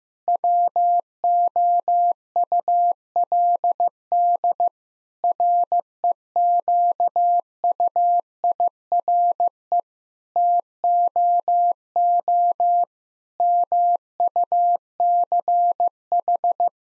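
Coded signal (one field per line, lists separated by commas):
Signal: Morse code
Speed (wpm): 15 wpm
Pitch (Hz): 700 Hz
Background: none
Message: WOULD REQUIRE TOO MUCH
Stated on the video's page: Morse code head-copy practice of sentences built from the top 1000 words, sent at 15 wpm, then repeated.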